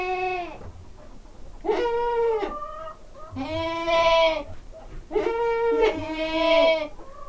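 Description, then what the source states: Goat bleating, several drawn-out wavering cries in close succession, some overlapping. Domestic goat bleating in a farmyard.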